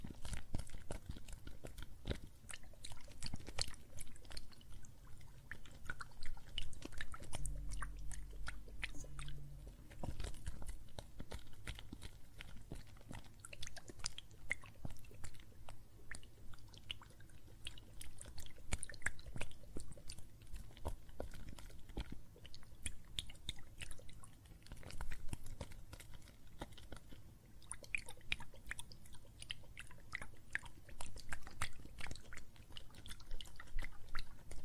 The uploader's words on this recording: ASMR Relaxing Water and Soap Foam Sounds (No Talking).